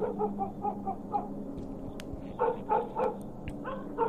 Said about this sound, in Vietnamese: Ở đằng sau, con chó mực vẫn cứ sủa lên inh ỏi liên hồi.